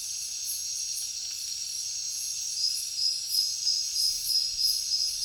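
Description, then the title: Crickets chirping in a high continuous chorus; a louder pulsing caller joins halfway through, adding rhythmic swells. Heavy cricket chorus at night in a jungle. "alex productions ambient music nature. Jungle night heavy crickets"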